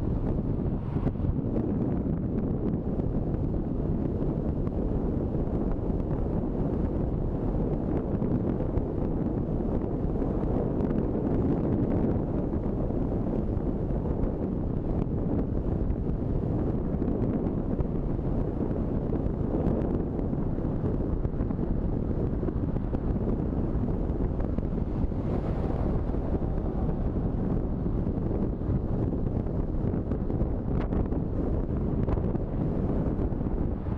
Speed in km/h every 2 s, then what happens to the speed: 43, 44, 45, 46, 46, 46, 48, 48, 48, 48, 49, 49, 50, 50, 50, 50, 52.
0-34 speeds up to 52.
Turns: none.